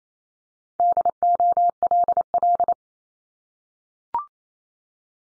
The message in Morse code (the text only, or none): DOLL